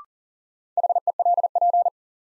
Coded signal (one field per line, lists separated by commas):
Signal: Morse code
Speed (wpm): 40 wpm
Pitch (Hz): 700 Hz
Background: none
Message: HELP